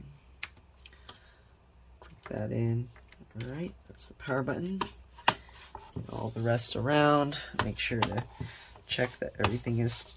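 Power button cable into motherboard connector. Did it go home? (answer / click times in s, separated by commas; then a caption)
yes / 0.4 s. A Lenovo ThinkPad P50's power button ribbon cable is lined up and pressed into its motherboard connector, giving a sharp click at 0.4 s as it seats. A few faint ticks and taps follow while someone talks.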